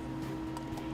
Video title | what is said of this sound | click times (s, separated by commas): Pikosaniye Lazerle Cilt Yenileme I Picosure | you're going to put on your focus tip and you'll hear a snap and then | 0.6 s